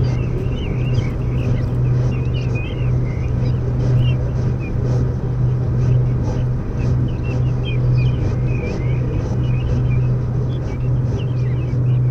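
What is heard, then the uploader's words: Traffic of scooters and bicycles keeps up a steady, dense low rumble with a constant humming drone running throughout. Small bird chirps flicker above it every second or so, along with scattered faint ticks and clicks. Overhead overview, a public space, immediately south of Holland Spoor rail station, Den Haag, Netherlands, a given spring evening of the year 2019 – warm air, birds; foot, bicycle and scooter traffic; birds.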